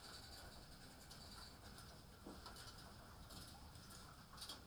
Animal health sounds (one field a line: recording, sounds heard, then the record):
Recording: poultry house recording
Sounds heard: healthy chickens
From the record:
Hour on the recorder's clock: 18